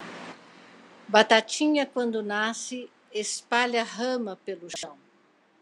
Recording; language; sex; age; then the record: short text; Brazilian Portuguese; female; 60 to 69 years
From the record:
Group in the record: control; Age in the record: 62 years